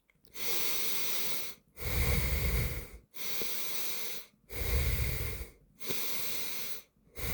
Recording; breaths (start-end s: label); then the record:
nose breathing near a microphone
0.02-1.47 s: inhalation
1.47-2.82 s: exhalation
2.82-4.22 s: inhalation
4.22-5.47 s: exhalation
5.47-6.87 s: inhalation
6.87-7.33 s: exhalation
From the record:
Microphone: phone